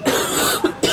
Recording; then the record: coughing mixed with background sound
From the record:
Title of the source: 30 Chesty and wet cough